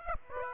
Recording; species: mosquito wingbeat signal from an infrared sensor; Aedes aegypti